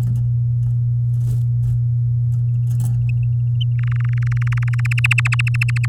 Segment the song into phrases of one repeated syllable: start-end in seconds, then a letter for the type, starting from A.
3.79-4.87 A, 4.91-5.86 B